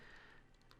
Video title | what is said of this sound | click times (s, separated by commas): Neca Spider Gremlin Review | it pops right in nice and easy | 0.7 s